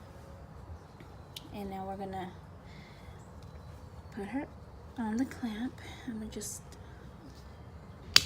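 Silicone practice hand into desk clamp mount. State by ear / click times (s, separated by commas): seated / 8.2 s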